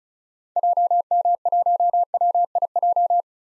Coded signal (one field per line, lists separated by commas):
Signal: Morse code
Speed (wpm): 36 wpm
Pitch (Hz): 700 Hz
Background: none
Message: JM1WIJ